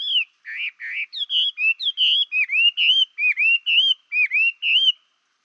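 Chinese hwamei song: a run of loud, varied whistled notes, slurred up and down, repeated rapidly for about five seconds.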